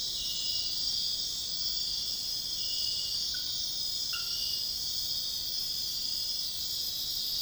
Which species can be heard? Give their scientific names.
none